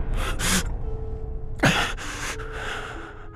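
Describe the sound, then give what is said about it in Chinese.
Ragged, strained breaths in a short series, as someone struggles to breathe under a sudden heavy pressure: two quick noisy inhales, then a sharp loud gasp followed by shaky, drawn-out exhales, all breathy and without words. “乌鸦只觉得一股强大的压力突然袭来，连喘息都变得艰难起来，额头上瞬间渗出了冷汗。”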